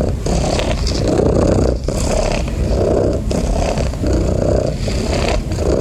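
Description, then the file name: Domestic cat giving a loud, rhythmic purr, buzzy rumbling phases alternating about once a second with brief quieter breaks between them. "SOUNDS FX MASTER - Relaxing Cat Purring Sounds"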